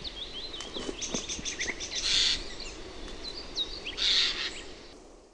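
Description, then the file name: Eurasian jay giving two harsh, noisy screeches about two seconds apart, while another bird whistles thin, wavering notes in the background. "NARHI"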